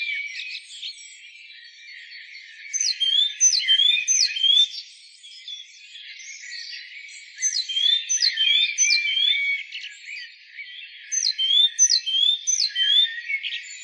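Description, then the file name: Great tit delivering clusters of sharp, rhythmic chirps in three bursts, over a constant background of thin, overlapping high notes. "Parus major"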